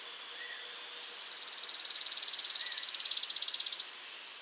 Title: LuckyPassaro Completos2Sama. Streak-capped Antwren (Terenura maculata)